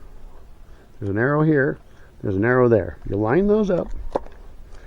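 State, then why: Seated. Someone talks while lining up the arrows on the plastic spool cover and the head housing of an Atlas 80 V brushless string trimmer, then presses the cover on. A sharp click at 4.2 s is heard as the cover seats into place.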